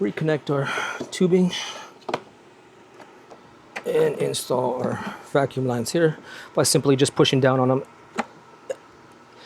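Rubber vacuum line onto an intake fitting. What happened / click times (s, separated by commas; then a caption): The vacuum line popped onto its fitting / 8.2 s. Rubber vacuum lines are pushed down by hand onto their intake fittings while someone talks. A short pop at 8.2 s marks a line seating into place on its fitting.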